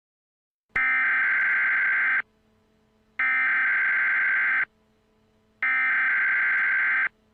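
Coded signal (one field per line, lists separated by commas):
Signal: Emergency Alert System (SAME) tones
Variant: header bursts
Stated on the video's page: Fictional EAS scenario about contaminated Valentine's chocolate.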